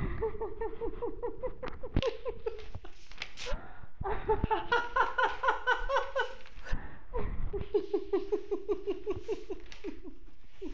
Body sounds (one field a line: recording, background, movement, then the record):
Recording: laughter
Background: quiet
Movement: walking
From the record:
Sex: female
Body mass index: 21.8 kg/m2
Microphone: on the chest, facing the body